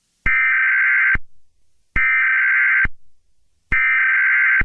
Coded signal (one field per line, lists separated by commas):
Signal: Emergency Alert System (SAME) tones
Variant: header bursts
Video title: Eas Scenario #2: The Californian Zombie Apocalypse